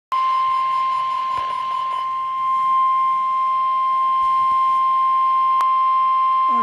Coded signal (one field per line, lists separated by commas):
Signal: Emergency Alert System (SAME) tones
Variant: 1050 Hz attention tone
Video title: EAS #18 Required Weekly Test